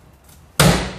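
A spanner or lever engages the latch of a leg-lifting mechanism. After quiet low background, a single sharp, loud click hits at 0.6 s and rings out over the rest of the second. The lever latch has clicked on, and the mechanism is engaged again.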